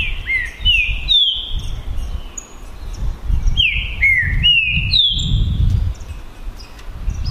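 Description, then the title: Green-winged saltator song: loud whistled phrases of slurred notes sliding down, delivered in quick bursts, with faint high chirps from other birds and a low background rumble. Green-winged saltator males in a 2022-season song contest between two birds, calling, singing and displaying male rivalry (macheando). "É UMA DISPUTA DE TRINCA FERRO PERFEITA!! NAVAL VS DEMOLIDOR 2022!"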